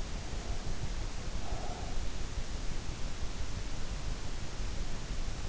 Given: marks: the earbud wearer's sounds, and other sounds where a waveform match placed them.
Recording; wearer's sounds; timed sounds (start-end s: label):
sounds in sleep by an in-ear microphone; breath
0.16-2.05 s: breath